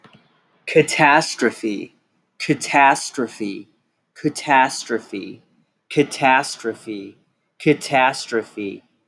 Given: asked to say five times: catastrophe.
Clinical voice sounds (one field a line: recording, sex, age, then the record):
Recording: repeated word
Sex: male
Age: 20 to 29 years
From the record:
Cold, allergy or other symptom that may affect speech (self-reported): no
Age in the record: 27 years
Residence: Michigan, United States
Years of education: 14